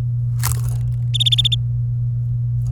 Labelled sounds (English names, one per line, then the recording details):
Domestic Canary song
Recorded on 24 April 2018 at 10:26
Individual llb3